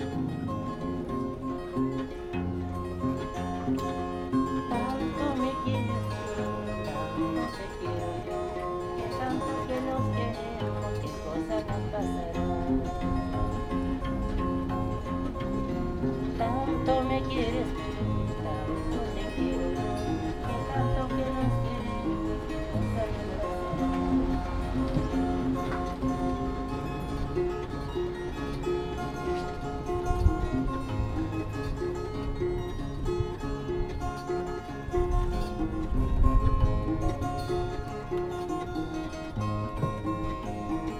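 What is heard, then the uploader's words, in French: A harp player performs at the entrance to a fortress, plucking a steady stream of ringing notes that stay clear throughout. Low bass notes sit under bright melodic lines, with murmuring voices in the background and a few louder bumps near 30 and 36 seconds. Harpe à Ollantaytambo (PE). Joueur de harpe à l'entrée de la forteresse d'Ollantaytambo.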